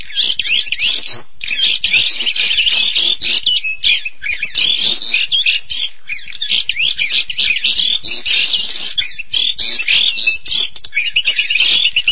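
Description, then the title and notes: Starling singing a long, varied medley of quick whistles, trills and scratchy chatter, delivered in tight bursts with only brief gaps. "suara burung jalak"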